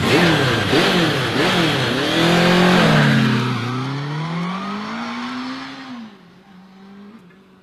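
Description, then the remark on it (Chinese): A motorcycle engine revs up and down in a few rising and falling sweeps, then settles into a steadier, lower drone that gradually fades. No one speaks. “我远远的就看见你的摩托车支在这儿，怎么在这大渠边上躺着？”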